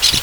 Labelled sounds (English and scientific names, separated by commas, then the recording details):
Brown-throated Parakeet (Eupsittula pertinax) contact call
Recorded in Venezuela
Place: Guárico; Corozopando; Fundo La Fe
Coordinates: 8.506, -67.593